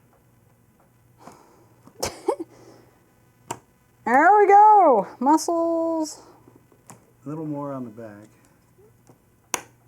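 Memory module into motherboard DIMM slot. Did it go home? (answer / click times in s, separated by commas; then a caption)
yes / 9.5 s. Someone talks while a RAM stick (FR4 circuit board) is pressed down into a motherboard memory slot, with firm pressure on the back edge. A few short sharp sounds come earlier in the clip. At 9.5 s the retention latch snaps with a crisp click, and the memory module is seated.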